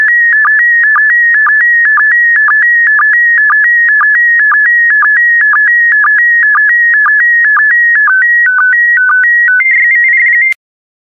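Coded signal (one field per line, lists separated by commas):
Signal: SSTV (slow-scan television)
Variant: PD120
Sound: warbling tone near 1.9 kHz with regular low blips, then quick stepped beeps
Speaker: get ready starting transmission in 5 4 3 2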